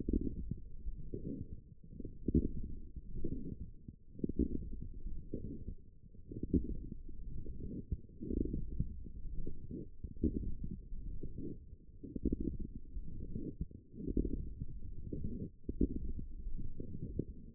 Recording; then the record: forearm muscle sounds (acoustic myography)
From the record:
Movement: forearm pronation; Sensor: system 1, eight BSWA MPA416 microphones around the upper forearm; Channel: 4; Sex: female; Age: 20 years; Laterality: right